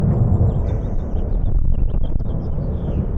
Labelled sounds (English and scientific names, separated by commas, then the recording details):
House Finch (Haemorhous mexicanus) song
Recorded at Neponsit on Long Island, New York, on 4 June 1975
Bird C